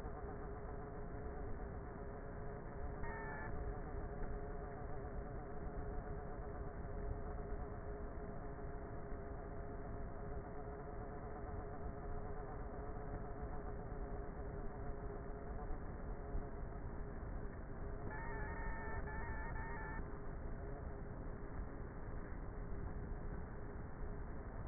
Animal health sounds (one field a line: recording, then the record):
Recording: honeybee colony, microphone inside the hive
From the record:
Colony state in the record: queenless with a low population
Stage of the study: before two queens were removed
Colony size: about 30,000 bees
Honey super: no